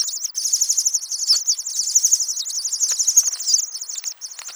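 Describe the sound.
Dunnock song: a rapid, high, thin warbling stream of jumbled notes, continuous for about four seconds.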